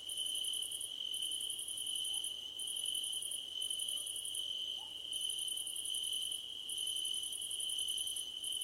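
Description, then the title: Several crickets chirp together; a constant high trill runs throughout while very high pulsed chirp trains recur with brief breaks. Crickets at night under a starlit sky. "Nighttime Ambience with Crickets"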